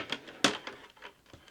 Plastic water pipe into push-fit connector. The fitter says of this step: push that in locked into place